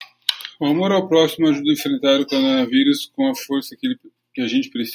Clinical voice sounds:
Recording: spoken sentence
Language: Brazilian Portuguese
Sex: male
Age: 40 to 49 years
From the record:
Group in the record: control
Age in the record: 48 years

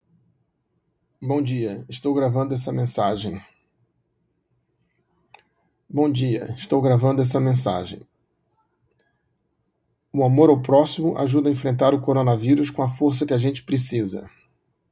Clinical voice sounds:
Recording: spoken sentence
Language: Brazilian Portuguese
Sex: male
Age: 60 to 69 years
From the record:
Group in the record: control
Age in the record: 63 years

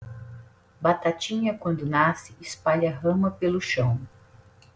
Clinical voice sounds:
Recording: short text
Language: Brazilian Portuguese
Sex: female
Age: 50 to 59 years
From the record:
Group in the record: control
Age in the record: 53 years

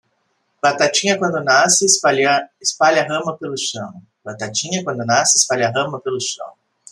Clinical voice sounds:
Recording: short text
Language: Brazilian Portuguese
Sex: female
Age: 50 to 59 years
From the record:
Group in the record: control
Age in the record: 57 years

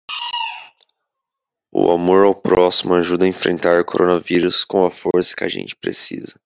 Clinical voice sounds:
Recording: spoken sentence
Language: Brazilian Portuguese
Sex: male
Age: 18 to 19 years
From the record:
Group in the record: control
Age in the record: 18 years

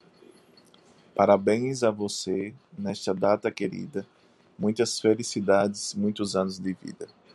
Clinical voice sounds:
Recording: short text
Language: Brazilian Portuguese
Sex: male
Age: 40 to 49 years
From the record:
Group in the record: control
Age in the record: 49 years

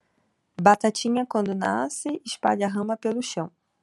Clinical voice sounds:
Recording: short text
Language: Brazilian Portuguese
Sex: female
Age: 30 to 39 years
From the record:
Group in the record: control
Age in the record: 31 years

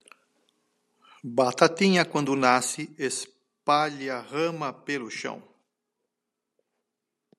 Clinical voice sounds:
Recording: short text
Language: Brazilian Portuguese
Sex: male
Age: 60 to 69 years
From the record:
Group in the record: control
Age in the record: 63 years

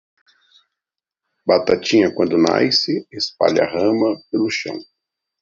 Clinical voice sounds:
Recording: short text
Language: Brazilian Portuguese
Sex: male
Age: 50 to 59 years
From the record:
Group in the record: control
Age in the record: 51 years

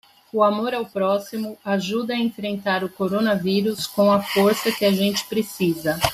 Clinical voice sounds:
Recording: spoken sentence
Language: Brazilian Portuguese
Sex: female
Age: 40 to 49 years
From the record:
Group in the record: control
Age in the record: 48 years

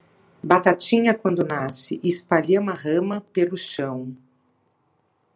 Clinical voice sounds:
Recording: short text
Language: Brazilian Portuguese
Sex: female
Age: 60 to 69 years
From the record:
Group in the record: control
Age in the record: 60 years

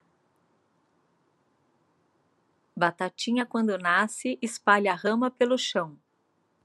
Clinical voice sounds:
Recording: short text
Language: Brazilian Portuguese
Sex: female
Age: 50 to 59 years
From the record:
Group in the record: control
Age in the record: 52 years

